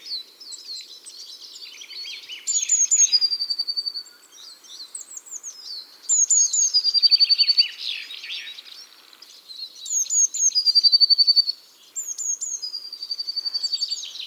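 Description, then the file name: Eurasian blue tit calls: repeated bouts every few seconds, each with high thin notes and a pulsed trill. "Cyanistes caeruleus"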